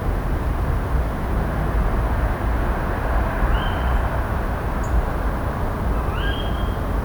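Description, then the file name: Tawny owl with two short, rising, level-ending calls spaced almost three seconds apart, heard against a steady low rumble. "Strix aluco - Tawny Owl"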